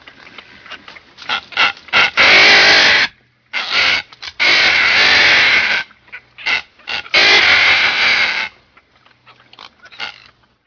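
Red-footed booby loud, drawn-out raspy squawks, three long harsh bursts each lasting about a second or more, separated by short pauses and brief clipped calls.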